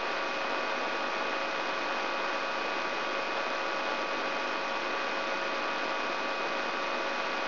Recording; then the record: brain microelectrode recording played as sound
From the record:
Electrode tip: inside the subthalamic nucleus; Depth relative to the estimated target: 0.5 mm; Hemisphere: right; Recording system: AlphaMap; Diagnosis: Parkinson's disease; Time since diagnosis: 23 years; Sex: male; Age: 65 years